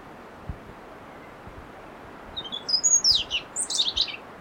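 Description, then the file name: European robin song: after a quiet start, a series of high thin whistles and quick trilled notes for about two seconds, over soft hiss and faint clicks. "Erithacus rubecula"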